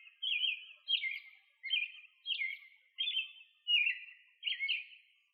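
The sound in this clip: Bird chirping in quick bursts, bright slurred notes repeated about every three-quarters of a second, seven phrases in a row.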